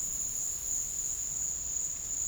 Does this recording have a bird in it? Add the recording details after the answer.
no. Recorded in dense forest near Puerto Asís, Putumayo, Colombia, on 13 March 2025 at 15:00. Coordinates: 0.484, -76.325. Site G045